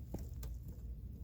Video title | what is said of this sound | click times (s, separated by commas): How To Install A Key Assembly On A Crossfire Mercedes DETAILED Part 2 | is in as you can see uh you might hear a little a little click sound | 0.4 s